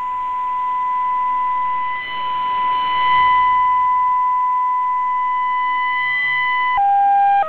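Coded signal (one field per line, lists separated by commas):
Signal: unidentified radio signal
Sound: steady 1 kHz test tone for about 7 seconds, then pitch drops twice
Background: radio static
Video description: This test tone was observed changing in tone pitch, see spectrogram image in the video.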